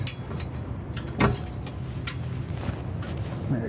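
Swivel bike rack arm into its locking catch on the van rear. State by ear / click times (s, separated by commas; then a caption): seated / 1.2 s. A swivel scissor bike rack arm on the rear of a Winnebago Revel 44E van is swung closed and pushed into its locking catch after the rear catch is flipped down. Light rattles and taps lead to a loud metal clunk at 1.2 s as the swing-arm latch locks into place, followed by a few softer knocks. The rack is secured, and someone talks near the end.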